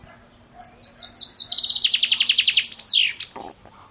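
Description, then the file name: Common chaffinch song: a rapid series of high notes that speeds up and steps downward, ending in a sharp descending flourish, followed by a brief lower sound. "Fringilla coelebs"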